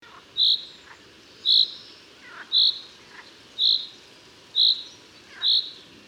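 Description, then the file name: Common chaffinch calling with six sharp, high notes at a steady rate of roughly one per second, over quiet background hiss with faint lower chirps. "Fringilla coelebs"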